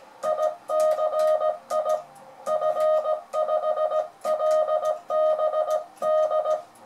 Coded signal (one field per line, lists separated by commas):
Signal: Morse code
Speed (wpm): 17 wpm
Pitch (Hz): 620 Hz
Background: music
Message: ICI F5LBD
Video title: cours de morse pour débutants chaque mardi